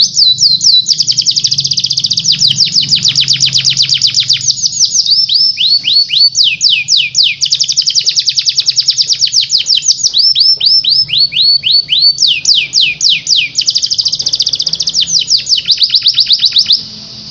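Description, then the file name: Canary song, a loud, continuous high run of rapid chirps and quick trilled sweeps, shifting between fast rolling phrases with no pause, over a low hum. Gacor canary in ngeriwik song style, used for training other canaries. "kenari gacor ngeriwik"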